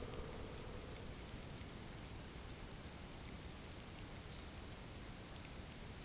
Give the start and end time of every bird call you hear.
[4.29, 4.46] bird call (2.8-5.0 kHz)

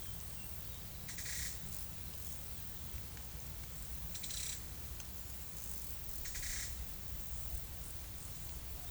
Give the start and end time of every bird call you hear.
[1.07, 1.88] bird call (1.8-9.2 kHz)
[4.16, 4.75] bird call (2.3-9.6 kHz)
[6.18, 6.78] bird call (1.6-9.6 kHz)

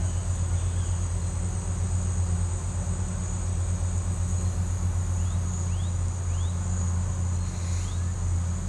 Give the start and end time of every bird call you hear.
[5.20, 5.40] bird call (2.5-4.3 kHz)
[5.67, 5.91] bird call (2.2-4.3 kHz)
[6.25, 6.51] bird call (2.0-4.3 kHz)

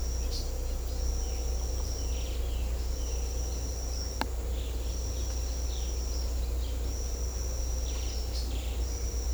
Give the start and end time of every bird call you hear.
[6.08, 6.76] bird call (2.4-5.9 kHz)
[7.84, 8.81] bird call (1.9-4.9 kHz)

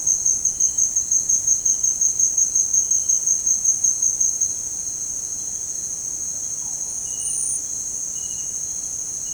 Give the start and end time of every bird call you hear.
[6.42, 6.87] bird call (0.2-1.9 kHz)

